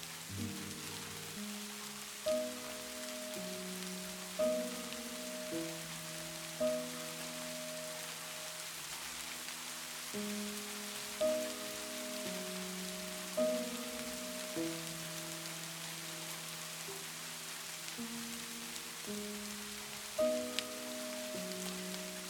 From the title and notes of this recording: Classical MUSIC and Gentle RAIN. The calming sound of rain combined with soothing classical music.